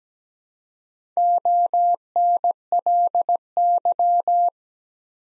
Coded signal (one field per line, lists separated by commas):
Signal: Morse code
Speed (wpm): 17 wpm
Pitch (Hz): 700 Hz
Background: none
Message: ONLY